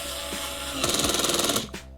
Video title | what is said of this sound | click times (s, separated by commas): How I service my guitar pedals! | And just do a little click like this, | 0.8 s